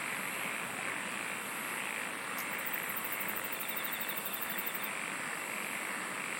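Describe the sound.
Insects singing in a dense, steady chorus, with fast pulsed trills high up and a soft rhythmic throbbing beneath, continuing without pause.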